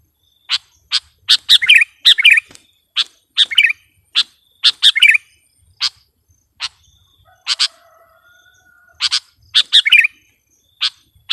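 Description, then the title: Sooty-headed bulbul calling with scattered sharp chirps and short gurgling phrases, unevenly spaced over several seconds. "kutilang"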